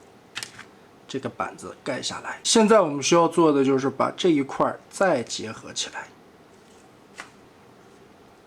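The plastic arm clips of a Transformers MS Magic Square small-scale Computron transforming robot toy are pushed together and fastened tight into the robot body, with sharp snaps at 0.4 and 0.4 seconds as the clips seat. Someone then talks from about 1 to 6 seconds, and a single faint tick follows at 7.2 seconds.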